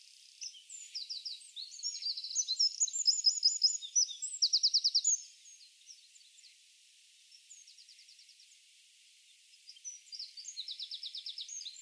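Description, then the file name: Eurasian wren song: a fast high jumble with rattling trills, a pause, then a short trill and another rattle at the end. "Troglodytes troglodytes"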